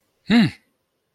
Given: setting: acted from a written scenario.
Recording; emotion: vocal sound without words; negative surprise